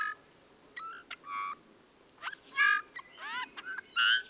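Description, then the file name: Bullfinch giving nasal, harmonic, slightly creaky notes and a buzzy downslurred phrase, ending with a loud piping note. "suara bullfinch omkicau"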